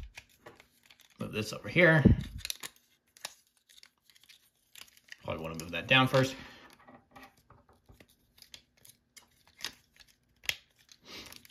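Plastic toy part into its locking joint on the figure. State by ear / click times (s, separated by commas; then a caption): seated / 10.5 s. Someone talks while transforming a plastic Transformers Studio Series Leader Class Grindor robot toy, with light plastic handling ticks and rustles throughout. A part is pushed down into its locking joint on the figure and clicks into place on one side at 10.5 s. The expected second click on the other side never comes.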